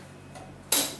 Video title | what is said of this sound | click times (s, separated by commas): Tutorial Penggunaan CRRT (Continuous Renal Replacement Therapy) PRISMAFLEX ( RSPAD Gatot Soebroto ) | Sampai bunyi klik nah | 0.7 s